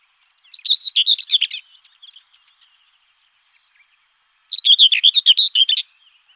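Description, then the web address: Common whitethroat giving two short, scratchy, jerky song phrases about three seconds apart, each lasting just over a second, with faint notes between. "Ptaki Glosy Cierniowka"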